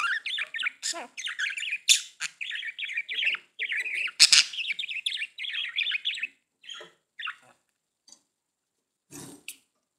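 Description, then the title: Budgerigar warbling, a fast stream of chirpy, scratchy notes for about six seconds, then a few isolated chirps and clicks. "Budgie Sounds"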